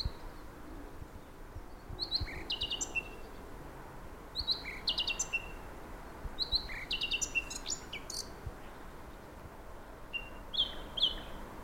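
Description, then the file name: Eurasian blackcap repeating several brief chattering phrases, each mixing sharp chips with a short clear whistle, against quiet background noise. "Sylvia atricapilla"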